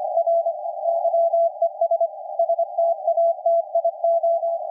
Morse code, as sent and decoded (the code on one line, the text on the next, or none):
.-. / -.-- . ... / ... - .- - .. ---
R YES STATIO